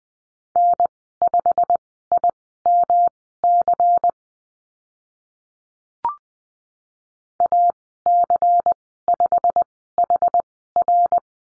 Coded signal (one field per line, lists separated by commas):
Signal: Morse code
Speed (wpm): 20 wpm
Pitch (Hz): 700 Hz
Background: none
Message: N5IMC AC5HR